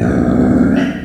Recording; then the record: squeal of a Yucatan mini pig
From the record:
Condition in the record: after surgery on the right vocal fold (resection and tissue-engineered implant); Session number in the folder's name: 1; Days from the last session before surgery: 13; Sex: female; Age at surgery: 19 weeks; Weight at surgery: 25 kg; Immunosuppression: prednisolone